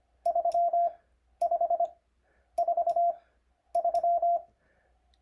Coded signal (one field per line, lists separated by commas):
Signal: Morse code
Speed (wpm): 25 wpm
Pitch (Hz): 690 Hz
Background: none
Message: 3543